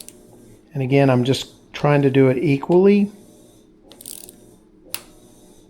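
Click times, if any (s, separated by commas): 4.9 s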